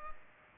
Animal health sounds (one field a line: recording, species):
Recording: mosquito wingbeat signal from an infrared sensor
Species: Culex pipiens